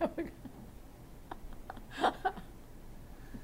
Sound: she laughs

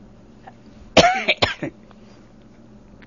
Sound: coughs

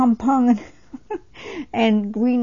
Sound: she laughs

